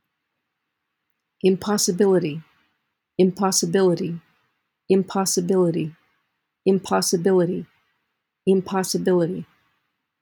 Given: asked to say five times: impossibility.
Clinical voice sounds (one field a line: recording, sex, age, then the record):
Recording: repeated word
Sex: female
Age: 60 to 69 years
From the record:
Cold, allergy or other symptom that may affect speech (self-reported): no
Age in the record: 61 years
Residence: Maryland, United States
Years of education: 19